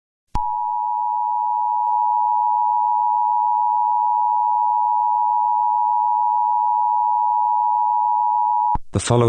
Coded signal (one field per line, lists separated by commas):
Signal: Emergency Alert System (SAME) tones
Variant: 853 and 960 Hz attention tone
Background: speech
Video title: EAS Scenario #12: Irish Republican Army Insurgency.